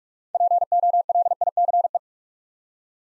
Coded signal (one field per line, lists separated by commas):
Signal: Morse code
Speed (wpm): 46 wpm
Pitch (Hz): 700 Hz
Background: none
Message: POLICE